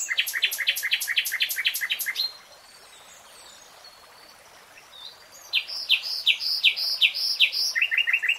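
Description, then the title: Nightingale song: a fast run of repeated chirps, a pause of several seconds, then varied loud whistled notes and a brisk series of short chirps. Nightingale singing, from a 3-hour real-time recording. "[Tiếng chim hót] 3 Hours REALTIME Nightingale Singing"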